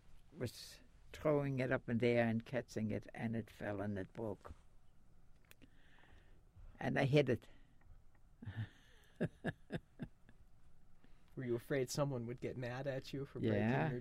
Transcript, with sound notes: was throwing it up in the air and catching it and it fell and it broke. And I hid it. (she laughs)
Were you afraid someone would get mad at you for breaking your doll?